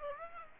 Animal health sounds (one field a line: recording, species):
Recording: mosquito wingbeat signal from an infrared sensor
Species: Aedes aegypti